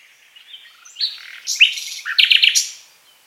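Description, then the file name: Common nightingale delivering a short phrase of loud varied whistles and chirps, with a quick run of repeated notes near the end. "Luscinia megarhynchos"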